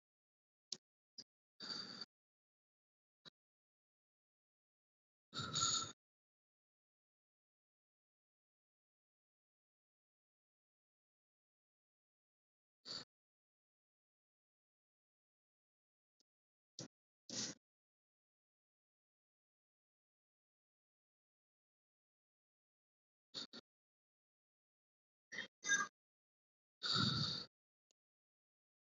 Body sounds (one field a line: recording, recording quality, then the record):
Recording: shallow breathing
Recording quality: excellent, no background noise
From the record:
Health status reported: healthy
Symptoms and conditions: none ticked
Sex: male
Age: 38 years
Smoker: not ticked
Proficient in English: yes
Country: India